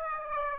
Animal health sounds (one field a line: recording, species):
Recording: mosquito wingbeat signal from an infrared sensor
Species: Aedes aegypti